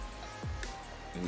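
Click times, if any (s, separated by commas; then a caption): 0.6 s. A plastic multi-pin wiring connector on a Power Commander V fuel-controller harness is pushed onto a motorcycle's wiring plug until it latches. A short, sharp click is heard at 0.6 s over music playing underneath. The connector is seated.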